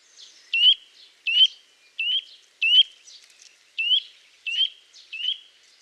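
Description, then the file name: Eurasian nuthatch giving seven short, piping calls that flick sharply upward, in a steady series. "Sitta europaea"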